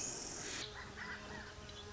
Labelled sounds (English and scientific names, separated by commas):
Pacific Wren (Troglodytes pacificus)